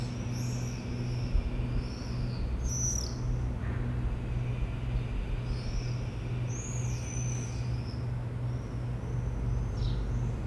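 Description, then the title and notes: Swift screams, thin high buzzy trills from several birds repeated throughout, against a constant low rumble. Flock of swifts flying over rooftops of Aix-les-Bains, France, recorded from the MJC courtyard on a Sunday morning. "4 Rue Vaugelas, 73100 Aix-les-Bains, France - Les martinets. Le ballet des martinets au dessus des toits d'Aix-les-bains depuis la cour de la MJC un dimanche matin"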